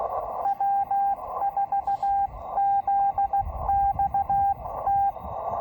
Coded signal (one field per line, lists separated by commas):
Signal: Morse code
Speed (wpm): 15 wpm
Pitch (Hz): 800 Hz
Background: radio noise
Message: W4ZXT